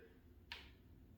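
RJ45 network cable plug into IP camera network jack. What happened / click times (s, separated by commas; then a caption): The network plug clicked and locked into its jack / 0.5 s. After an earlier failed attempt, an RJ45 network cable plug is pushed into an IP camera's network jack again, and its plastic clip, which is there so the plug can be locked, snaps in with a single short, bright click at 0.5 s over a steady low hum. The plug is seated and locked.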